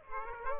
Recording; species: mosquito wingbeat signal from an infrared sensor; Aedes aegypti